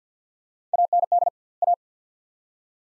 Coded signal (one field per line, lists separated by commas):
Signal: Morse code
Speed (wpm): 46 wpm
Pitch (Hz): 700 Hz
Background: none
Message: AND A